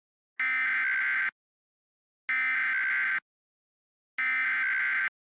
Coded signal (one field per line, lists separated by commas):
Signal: Emergency Alert System (SAME) tones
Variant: header bursts